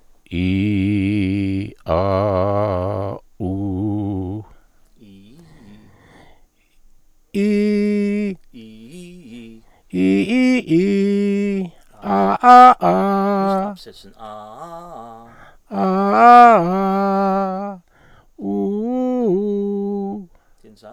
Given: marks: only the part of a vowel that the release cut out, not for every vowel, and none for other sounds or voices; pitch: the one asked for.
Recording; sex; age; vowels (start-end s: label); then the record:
sustained vowels; male; 60 to 69 years
0.39-1.29 s: vowel /i/, low pitch
1.99-3.08 s: vowel /a/, low pitch
3.46-4.22 s: vowel /u/, low pitch
10.01-11.40 s: vowel /i/, low-high-low pitch
18.45-20.08 s: vowel /u/, low-high-low pitch
From the record:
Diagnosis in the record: dysplastic larynx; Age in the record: 69 years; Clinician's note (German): Lappige Aryregion, Cyste seitliche Rachenwand, unregelmäßiges stroboskopisches Bild